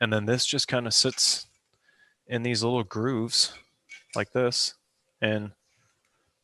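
A piece from a diesel fuel-pump kit is set into small grooves on its aluminum bracket while someone talks. Faint, quiet ticks are heard around 1.7 s and 6.0 s, but nothing has seated or clicked yet.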